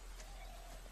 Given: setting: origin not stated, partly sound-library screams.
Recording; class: one-second piece from a danger detection set; normal situation